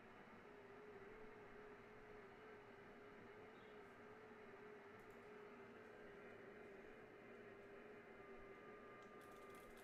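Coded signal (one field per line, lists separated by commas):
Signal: FT8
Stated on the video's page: FT8 on an Alpha HOA Buster gutter antenna with an FMJ match.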